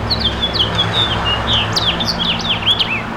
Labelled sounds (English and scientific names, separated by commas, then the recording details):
House Finch (Haemorhous mexicanus) song
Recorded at Babylon on Long Island, New York, on 18 May 2013
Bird F